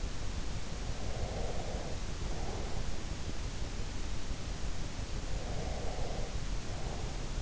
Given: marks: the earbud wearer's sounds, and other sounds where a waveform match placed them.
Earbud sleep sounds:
sounds in sleep by an in-ear microphone; breath
0.90-2.92 s: breath
5.25-7.21 s: breath

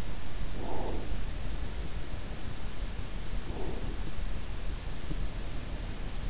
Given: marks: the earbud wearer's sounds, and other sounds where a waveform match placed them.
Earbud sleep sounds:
sounds in sleep by an in-ear microphone; breath
0.47-1.28 s: breath
3.29-4.25 s: breath

